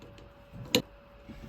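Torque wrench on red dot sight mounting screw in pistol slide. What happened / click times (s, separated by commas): Torque wrench clicked at its set torque / 0.8 s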